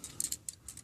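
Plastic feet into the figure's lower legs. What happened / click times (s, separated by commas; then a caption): Plastic parts being moved; light ticks but no clear seating yet / none. Plastic feet are handled against the lower legs of a Transformers Studio Series #112 Deluxe class Transformers One Optimus Prime action figure during its transformation. Short, bright handling ticks sound at about 0.2, 0.3 and 0.5 seconds, with quieter rustling between them. The feet have not clicked into their locked position yet.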